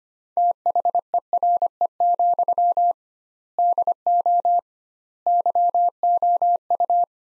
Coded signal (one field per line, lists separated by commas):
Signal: Morse code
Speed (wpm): 25 wpm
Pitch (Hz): 700 Hz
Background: none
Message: THERE, DO YOU